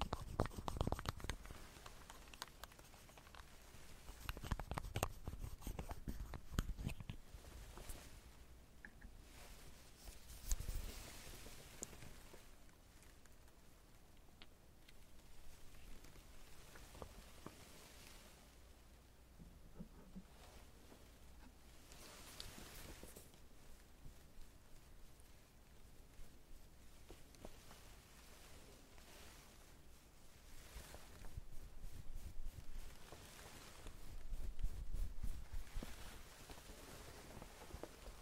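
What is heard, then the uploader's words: Makeup being done, with tweezers and a curling iron handled in short rustles, taps and scrapes. The busiest, loudest stretches come in the first seven seconds, around ten seconds, and again near thirty to thirty-six seconds, with a quieter, sparser run of small clicks between. ASMR Doing your Makeup sound tweezers curling iron No Talking.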